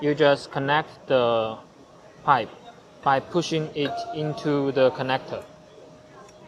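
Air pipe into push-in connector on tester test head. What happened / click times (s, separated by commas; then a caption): The pipe is being handled but has not clicked into the connector yet / none. An air pipe is being pushed into a push-in connector on the test head of an air permeability tester while someone talks. The pipe has not clicked or seated yet.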